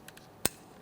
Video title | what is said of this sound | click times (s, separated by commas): How to Replace Ignition Coil Boot Kit 2003-2008 Toyota Corolla 1.8L L4 | After an audible click, a light tug. | 0.5 s